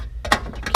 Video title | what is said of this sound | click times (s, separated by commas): DSC PowerSeries NEO Alarm com Module Programming & Wiring - Things you need to know | so there you have it snapped into place it's not going anywhere | 0.3 s, 0.7 s